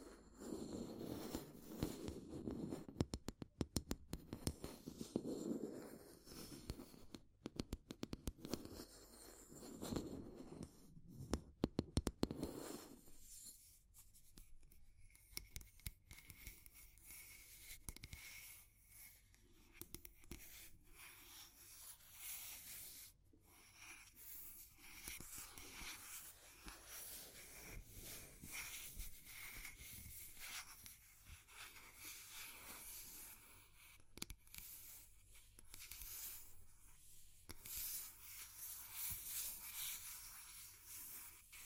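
Fire crackling with dense, irregular snaps and pops over a steady hiss. For the first thirteen seconds a fuller, rougher low rustle of scratching and tapping sits under the crackle, then the sound thins to sharper, sparser pops with a faint steady tone.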